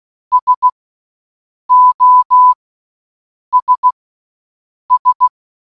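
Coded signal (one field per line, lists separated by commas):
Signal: Morse code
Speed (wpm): 16 wpm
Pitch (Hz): 1000 Hz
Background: none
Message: SOS S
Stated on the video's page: SOS sent in Morse code for one hour.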